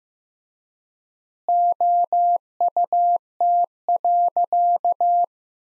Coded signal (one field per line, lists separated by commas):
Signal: Morse code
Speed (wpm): 15 wpm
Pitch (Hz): 700 Hz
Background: none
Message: OUT.